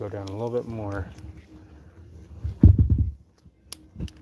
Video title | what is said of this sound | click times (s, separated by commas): The garage is live AND HE'S BACK FOR MORE! | There it goes. Just clicked into place. | 3.7 s